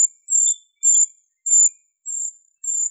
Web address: Certhia familiaris